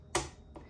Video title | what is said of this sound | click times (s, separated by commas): How to Use Cricut Card Mat for Maker & Explore Machines | so i always put my finger under this and we're gonna listen for the click so | 0.2 s